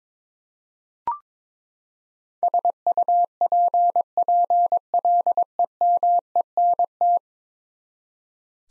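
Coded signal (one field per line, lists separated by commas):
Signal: Morse code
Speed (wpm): 22 wpm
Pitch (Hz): 700 Hz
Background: none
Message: SUPPLEMENT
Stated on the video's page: Ten-letter word head-copy practice at 22 wpm; each word sent, spoken, then sent again.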